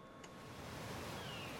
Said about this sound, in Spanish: Suena el mar, se oyen gaviotas.